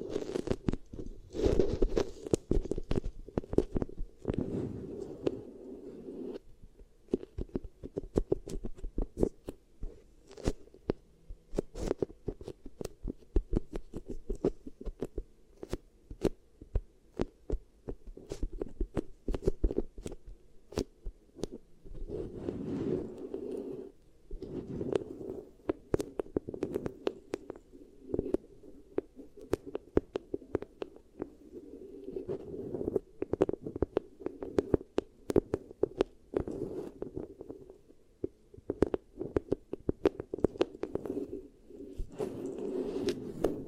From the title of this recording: Really Nice Beeswax Ear Triggers